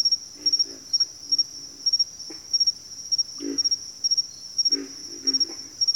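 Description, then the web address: Pig frog grunts, short low snorting pulses in irregular clusters under a pulsing high-pitched cricket chorus. Pig frogs calling with crickets. "Sleep Sounds of Nature. Pig Frogs"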